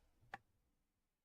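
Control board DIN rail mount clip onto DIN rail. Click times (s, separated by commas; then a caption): 0.3 s. A printer control board mount for a Fysetc Voron v0.2 Pro Kit is pushed onto a DIN rail until its spring clip snaps on. A single sharp click is heard at 0.3 s, and then the sound fades to quiet. The control board is seated and mounted on the rail.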